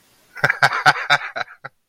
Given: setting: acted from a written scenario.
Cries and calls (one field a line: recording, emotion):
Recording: vocal sound without words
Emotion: amusement